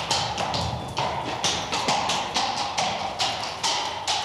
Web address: Madacy Music Group Inc 292 Sound Effects. Horse On Street - Trot